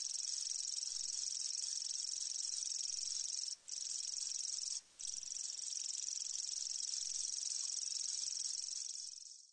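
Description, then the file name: Common grasshopper warbler reeling song, a high, dry, insect-like trill held steadily, broken by two brief pauses near the middle, then continuing to the end. "SWIERSZCZAK"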